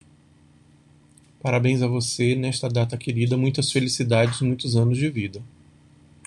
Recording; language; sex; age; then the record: short text; Brazilian Portuguese; male; 50 to 59 years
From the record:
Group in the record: control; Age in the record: 52 years